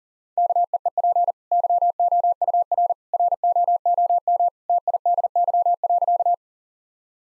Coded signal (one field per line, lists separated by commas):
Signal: Morse code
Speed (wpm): 37 wpm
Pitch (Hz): 700 Hz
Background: none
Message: KEEP YOUR ROOM TIDY.